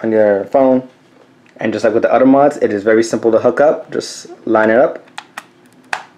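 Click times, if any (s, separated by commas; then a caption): 5.9 s. A projector mod module is lined up with the back of a smartphone and attached magnetically while someone talks. After two faint ticks around 5.2 and 5.4 seconds, a sharp snap at 5.9 seconds marks the module seating onto the phone's back.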